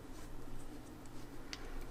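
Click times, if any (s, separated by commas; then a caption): none. A small earbud cover is pushed onto the ear piece of a Bluetooth headset over a steady low hum and soft rubbing, with a brief sharp tick near 1.5 s and another at the very end. The cover has not snapped into place, and nothing has seated or clicked yet.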